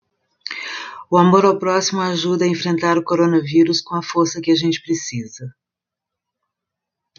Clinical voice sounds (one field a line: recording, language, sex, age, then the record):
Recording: spoken sentence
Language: Brazilian Portuguese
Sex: female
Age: 60 to 69 years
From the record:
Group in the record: control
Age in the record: 65 years